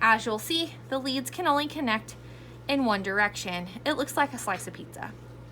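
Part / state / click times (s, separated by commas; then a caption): ECG lead connector into lead junction box / not seated / none. Someone talks while handling a keyed, pizza-slice-shaped ECG lead connector that fits only one way into the universal lead junction box beside the ECG monitor, with a steady low hum underneath. The connector has not yet been pushed in, so nothing has seated or clicked yet.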